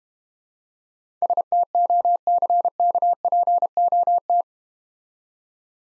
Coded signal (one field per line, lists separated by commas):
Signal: Morse code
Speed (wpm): 32 wpm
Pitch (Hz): 700 Hz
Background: none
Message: STOCKPOT